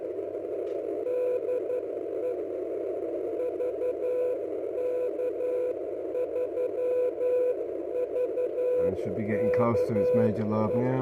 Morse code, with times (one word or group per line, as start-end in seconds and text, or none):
1.1-2.3 DE
3.4-10.8 VK3VKE